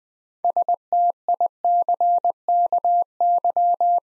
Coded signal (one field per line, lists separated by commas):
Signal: Morse code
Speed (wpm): 20 wpm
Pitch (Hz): 700 Hz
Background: none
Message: STICKY